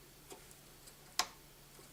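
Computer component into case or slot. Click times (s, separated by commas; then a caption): 1.2 s. A computer component is pushed into its case or slot, with a few faint ticks before a single sharp, bright click at 1.2 s. The click shows the component is seated, and the same step is then repeated with a second one.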